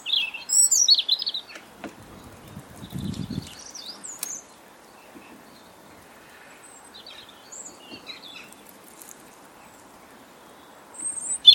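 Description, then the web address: European robin giving high, thin warbled phrases at the start and again at the very end, separated by a long quieter gap. "Deverinetal 2025 File origin Bird Only Er Ru"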